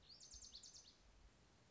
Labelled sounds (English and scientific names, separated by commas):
Lazuli Bunting (Passerina amoena)